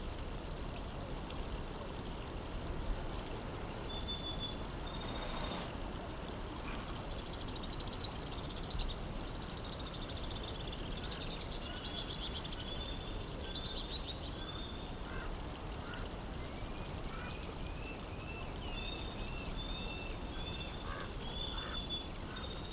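An ambient mix of daytime sounds from 19th century California: a steady, dense rush like flowing water fills the low end throughout. Above it, birds chirp and whistle in frequent bright, scattered calls, with a few clustered bursts around the middle and near the end.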